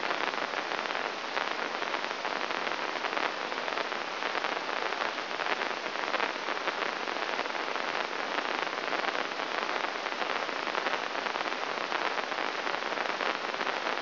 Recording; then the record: brain microelectrode recording played as sound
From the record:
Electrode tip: inside the subthalamic nucleus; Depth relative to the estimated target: -4 mm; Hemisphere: right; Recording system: AlphaMap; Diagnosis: Parkinson's disease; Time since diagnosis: 24 years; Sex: male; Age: 67 years